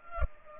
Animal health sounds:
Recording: mosquito wingbeat signal from an infrared sensor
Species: Culex pipiens

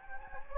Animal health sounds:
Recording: mosquito wingbeat signal from an infrared sensor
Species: Anopheles gambiae

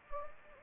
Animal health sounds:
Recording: mosquito wingbeat signal from an infrared sensor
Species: Anopheles gambiae

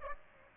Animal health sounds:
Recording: mosquito wingbeat signal from an infrared sensor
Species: Aedes aegypti

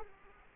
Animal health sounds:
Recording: mosquito wingbeat signal from an infrared sensor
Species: Culex quinquefasciatus

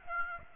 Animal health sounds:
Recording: mosquito wingbeat signal from an infrared sensor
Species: Aedes aegypti

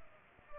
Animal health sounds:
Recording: mosquito wingbeat signal from an infrared sensor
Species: Culex pipiens

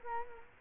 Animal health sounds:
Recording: mosquito wingbeat signal from an infrared sensor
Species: Culex quinquefasciatus

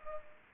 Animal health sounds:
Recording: mosquito wingbeat signal from an infrared sensor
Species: Culex pipiens

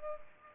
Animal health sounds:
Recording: mosquito wingbeat signal from an infrared sensor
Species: Culex pipiens

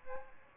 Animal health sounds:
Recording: mosquito wingbeat signal from an infrared sensor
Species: Aedes albopictus

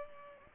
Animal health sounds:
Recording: mosquito wingbeat signal from an infrared sensor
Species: Culex pipiens

